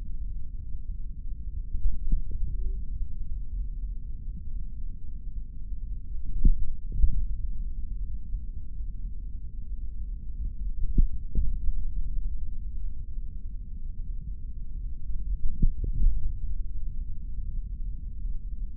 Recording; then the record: forearm muscle sounds (acoustic myography)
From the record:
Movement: finger pinch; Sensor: system 3, bracelet of six PUI Audio POM-2738L microphones around the upper forearm, with dedicated amplification and filtering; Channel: 2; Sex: male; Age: 26 years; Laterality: right